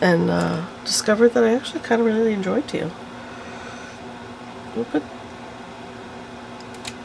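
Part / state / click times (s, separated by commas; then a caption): watercolor half pan into palette slot / seated / 6.9 s. Someone talks over a faint steady hum, then after a quiet stretch a teal watercolor half pan, a small plastic pan, is pressed into its slot in a paint palette. It snaps into place with a short, sharp click at 6.9 s and seats firmly.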